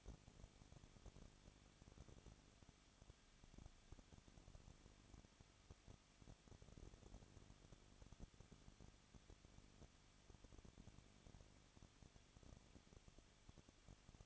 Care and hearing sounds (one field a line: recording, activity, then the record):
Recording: daily activity, microphone in the room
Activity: no activity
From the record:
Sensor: 4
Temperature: 23.1 degrees Celsius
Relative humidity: 34.4%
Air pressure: 1007.2 hPa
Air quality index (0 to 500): 213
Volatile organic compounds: 14 ppm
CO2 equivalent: 2457 ppm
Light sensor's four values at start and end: 2/3/1/1 and 2/3/1/1